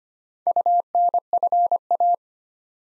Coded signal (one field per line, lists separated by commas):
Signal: Morse code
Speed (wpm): 25 wpm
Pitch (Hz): 700 Hz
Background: none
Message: UNFA